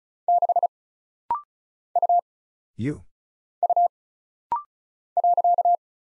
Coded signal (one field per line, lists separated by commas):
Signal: Morse code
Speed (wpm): 36 wpm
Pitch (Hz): 700 Hz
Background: none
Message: 6 U U .